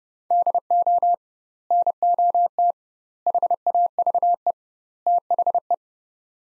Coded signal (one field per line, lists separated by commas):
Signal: Morse code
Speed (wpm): 31 wpm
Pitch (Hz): 700 Hz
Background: none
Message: DO NOT HAVE THE